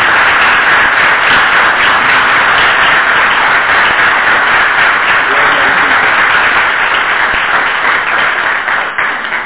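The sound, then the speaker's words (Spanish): Sustained audience applause for a speaker at a conference, a dense steady wash of many hands clapping at a loud, even level for the whole stretch, tapering only slightly near the end. “Recibir aplausos, ¿sí?”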